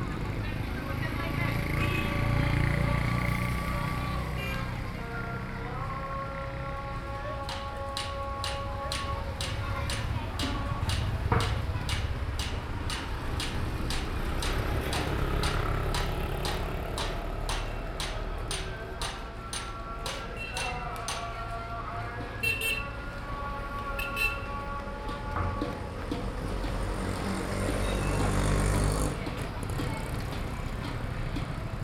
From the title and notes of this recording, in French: Upli Buruz, fabrique de jarres. Mars 2011, Bijapur.